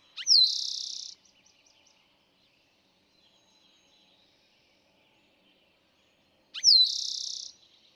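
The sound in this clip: Eastern towhee sings twice about six seconds apart, each song a bright slur into a rapid buzzy trill, with soft chips between.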